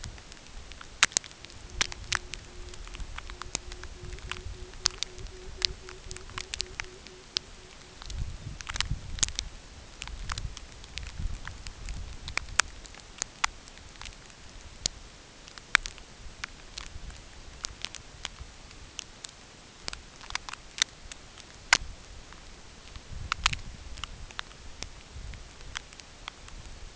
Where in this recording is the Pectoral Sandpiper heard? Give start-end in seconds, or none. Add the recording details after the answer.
1.59-8.52. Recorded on Arctic tundra, site UTQI-8, on 9 June 2019. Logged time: 16:00